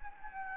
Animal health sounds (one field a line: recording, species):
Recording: mosquito wingbeat signal from an infrared sensor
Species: Anopheles gambiae